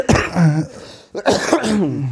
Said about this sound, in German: Ja, passiert. Produktiver Husten. Genau, produktiv. Gutes Zeichen am Ende einer Erkältung.